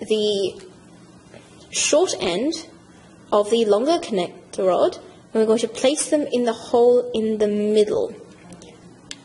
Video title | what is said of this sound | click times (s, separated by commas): 33 Part 2 of Building YayaBot - EDUCATION SET ONLY | pieces so it should click in like so and we'll | 9.1 s